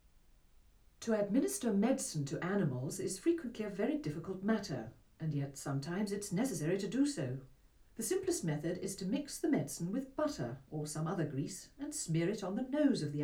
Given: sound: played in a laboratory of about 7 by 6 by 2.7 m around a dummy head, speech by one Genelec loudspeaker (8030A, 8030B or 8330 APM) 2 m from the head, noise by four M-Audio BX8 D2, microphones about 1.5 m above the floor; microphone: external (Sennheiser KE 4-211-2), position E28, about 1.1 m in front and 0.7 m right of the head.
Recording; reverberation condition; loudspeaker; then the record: female speech in English; low; behind (180 degrees)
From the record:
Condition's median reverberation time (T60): about 310 ms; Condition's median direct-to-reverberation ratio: about 3.5 dB